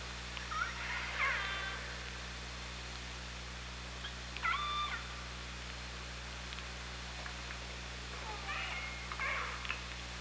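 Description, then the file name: Killer whale pulsed calls, three bursts of harmonic, stepped tones spaced a few seconds apart, over a steady background hum. Hydrophone recording from OrcaLab, 24 August 2017 at 18:36. "Orca Lab UTLN JASON 20170824 183606"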